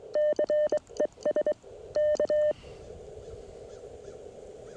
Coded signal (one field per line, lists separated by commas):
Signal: Morse code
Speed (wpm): 23 wpm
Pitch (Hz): 600 Hz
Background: none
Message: CES K